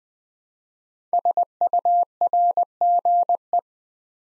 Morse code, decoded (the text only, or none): SURGE